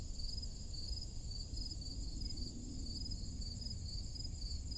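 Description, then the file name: Crickets chirping in a steady high-pitched chorus with a faint pulsing rhythm, over a constant low rumble. Crickets in a forest clearing on a summer morning. "Crickets in Forrest Clearing on Summer Morning"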